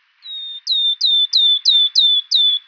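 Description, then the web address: Bird calling a series of seven high whistled notes, each with a sharp start and a long, level tail, repeated roughly every third of a second, clean and clear. "ambient animal bird"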